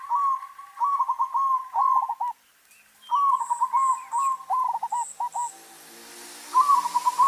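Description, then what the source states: Zebra dove song: soft staccato cooing trills around one pitch, phrases repeating with short gaps, a few faint high chirps from other birds during them. White variety.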